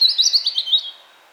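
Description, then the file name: European robin song phrase: a quick run of high, tinkling warbled notes lasting under a second, then quiet. "Erithacus rubecula"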